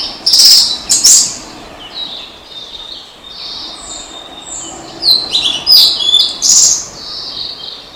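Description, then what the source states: Blue-and-white flycatcher song, a series of high clear whistled phrases with quick sharp notes, some louder bursts around half a second and again near five to seven seconds. Recorded 3 May 2016.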